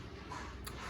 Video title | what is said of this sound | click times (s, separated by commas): PRESense Installation Kit | of the drum clamp until it clicks at five newton meters | 0.7 s